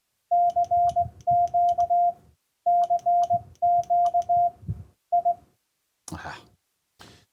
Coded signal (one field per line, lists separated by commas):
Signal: Morse code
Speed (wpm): 18 wpm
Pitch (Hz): 700 Hz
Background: speech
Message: CQ CQ I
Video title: CW Practice With A Buddy Online!